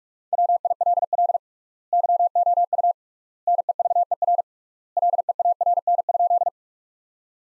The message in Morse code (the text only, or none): WILL YOU NEVER LEARN?